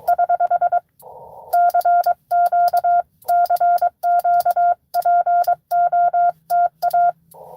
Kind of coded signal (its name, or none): Morse code